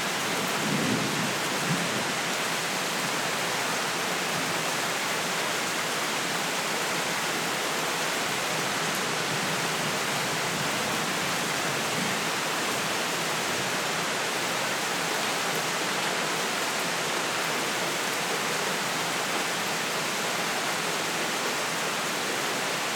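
Heavy rain pours down in a dense, unbroken hiss that stays level for the whole stretch. The sound is full and bright, with a soft low rumble showing briefly near the start and again around the middle.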